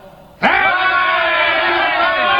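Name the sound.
crowd applause and cheering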